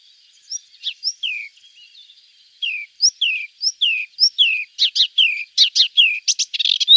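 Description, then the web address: Melodious warbler song opening with sparse, sliding high chirps, then quickening into a fast, dense babbling chatter of varied notes toward the end. "Schulze Peter Melodious Warbler song"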